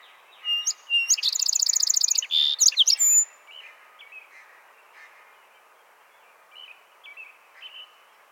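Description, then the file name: Song sparrow song: a few sharp opening notes, then a rapid even trill, a buzzy note and quick closing notes, with faint chips afterwards. "Melospiza melodia - Song Sparrow"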